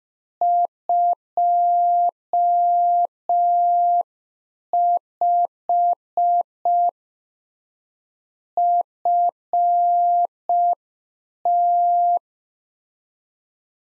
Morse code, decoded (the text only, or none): 25 FT